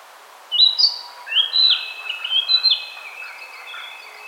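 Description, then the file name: Narcissus flycatcher song, a run of clear whistled notes stepping and slurring up and down, followed by a thinner trailing whistle as it fades. "Ficedula narcissina"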